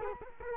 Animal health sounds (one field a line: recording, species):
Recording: mosquito wingbeat signal from an infrared sensor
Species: Culex quinquefasciatus